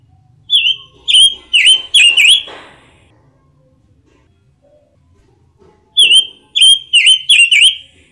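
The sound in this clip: Robin (pancawarna): robin song, two bursts of ringing whistled notes, each swooping down and up, with a quiet gap between the phrases.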